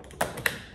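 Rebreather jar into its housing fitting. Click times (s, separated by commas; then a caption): 0.2 s, 0.5 s. A breathing-loop canister jar on a Dräger Ray rebreather is pushed into its fitting on the rebreather housing. After a couple of faint ticks, sharp clicks ring out at 0.2 s and 0.5 s as the jar clicks in and is seated.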